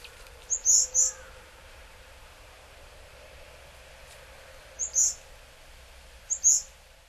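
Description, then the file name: Varied tit calls: short, very high, thin notes in quick groups of two or three, a few seconds apart, over a quiet background hiss. Recorded in Hyogo, Japan, in February 2009. "yamagara 0902 hyogo kaji"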